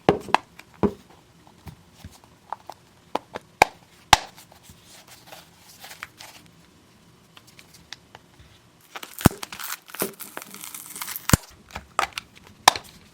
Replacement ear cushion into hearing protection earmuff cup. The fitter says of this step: Now just take one of the new ones and snap it back into the hole and push it all the way around its circumference until you hear it pop right in.